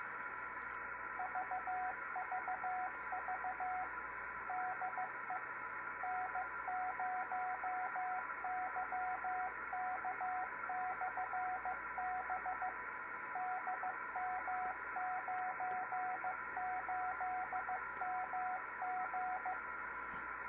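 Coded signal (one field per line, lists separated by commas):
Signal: Morse code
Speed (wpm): 15 wpm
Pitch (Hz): 740 Hz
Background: radio noise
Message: VVV DE N0YK/B DM98MG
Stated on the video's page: Beacon in DM98 heard 350 miles away in EM29 during enhanced propagation one morning.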